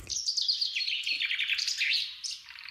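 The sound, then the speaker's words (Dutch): A chaffinch sings a bright, rapid run of high notes that tumbles downward and ends in a brief flourish, clear and fairly loud with no voices over it. “Volgens mij hoor ik een vink.”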